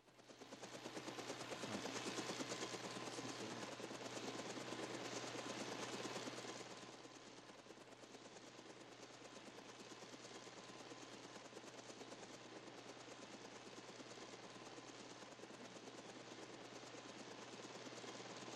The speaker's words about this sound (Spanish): Al principio suena un helicóptero, creo.